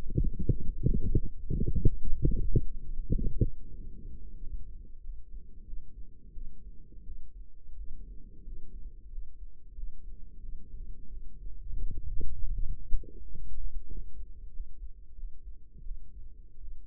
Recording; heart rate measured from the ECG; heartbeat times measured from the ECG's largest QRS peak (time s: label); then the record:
heart sounds by microphone in the right ear; 89 bpm
0.49 s: heartbeat
1.17 s: heartbeat
1.83 s: heartbeat
2.47 s: heartbeat
3.11 s: heartbeat
3.74 s: heartbeat
4.38 s: heartbeat
5.01 s: heartbeat
5.64 s: heartbeat
6.32 s: heartbeat
7.04 s: heartbeat
7.75 s: heartbeat
8.43 s: heartbeat
9.09 s: heartbeat
9.74 s: heartbeat
10.40 s: heartbeat
11.08 s: heartbeat
11.79 s: heartbeat
12.51 s: heartbeat
13.20 s: heartbeat
13.86 s: heartbeat
14.50 s: heartbeat
15.14 s: heartbeat
15.82 s: heartbeat
16.59 s: heartbeat
From the record:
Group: healthy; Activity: light exercise 0-5 s, rest 5-17 s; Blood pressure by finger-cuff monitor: 115/67 mmHg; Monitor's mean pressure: 84 mmHg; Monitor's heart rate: 91 bpm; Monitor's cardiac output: 7.1 L/min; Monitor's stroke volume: 81 mL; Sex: male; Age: 35 years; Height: 178 cm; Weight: 64 kg